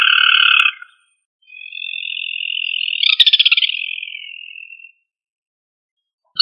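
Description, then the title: Rail trilled call: a buzzy, strained two-toned note, then a long wavering trill that swells into a fast rattle and fades away. "Familia Rallidae"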